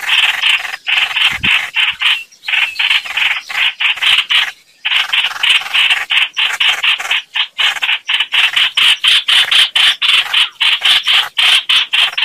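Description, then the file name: Red-whiskered bulbul distress calling: a long run of fast, harsh buzzy notes with a few short pauses. Distress call, a bird calling for help. "Tieng trao trao keu cuu"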